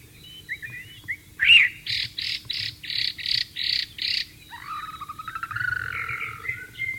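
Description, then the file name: White-rumped shama song: a few short notes and a sharp note, then a run of seven even, harsh buzzy bursts, followed by a lower, rippling warbled phrase. "suara burung murai batu di alam liar"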